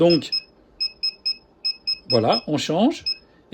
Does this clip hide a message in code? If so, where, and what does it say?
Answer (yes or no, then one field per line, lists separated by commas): no